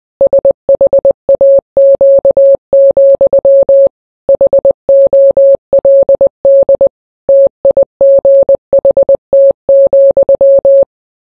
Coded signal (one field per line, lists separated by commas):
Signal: Morse code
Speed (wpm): 20 wpm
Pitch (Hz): 550 Hz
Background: none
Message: SHAQ, HOLD TIGHT,